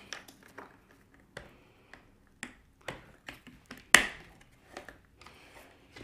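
The second side brush is fitted onto its hub on a Proscenic 850T robot vacuum, with a few light taps and clicks as it is handled. It seats with one loud, sharp plastic snap at 4.0 s, and the brush is confirmed on.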